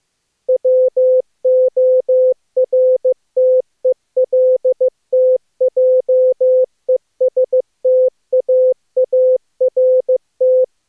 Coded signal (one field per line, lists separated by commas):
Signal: Morse code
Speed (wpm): 27 wpm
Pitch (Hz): 500 Hz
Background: none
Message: WORTELTJESTAART